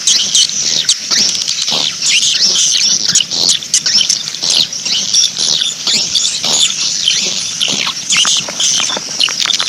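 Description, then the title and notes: Swiftlets chirping and twittering, sharp high notes in quick overlapping series, steady throughout. Swiftlet sound used in swiftlet farming, Asia. "Swiflet Bird Sound. Farming Swiflet Bird asia sound"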